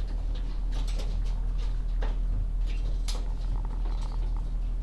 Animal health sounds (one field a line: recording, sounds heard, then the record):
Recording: poultry house recording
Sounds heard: sick chickens (respiratory disease)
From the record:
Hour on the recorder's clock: 10